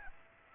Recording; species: mosquito wingbeat signal from an infrared sensor; Aedes aegypti